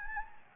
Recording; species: mosquito wingbeat signal from an infrared sensor; Anopheles gambiae